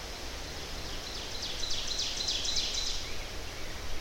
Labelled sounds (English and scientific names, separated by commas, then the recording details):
Ovenbird (Seiurus aurocapilla) song
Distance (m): 50 m
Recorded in boreal forest in Alberta, Canada, on 10 June 2016 at 08:55
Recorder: SongMeter 3, array SBT-3-39
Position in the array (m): 271 m, 158 m
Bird 19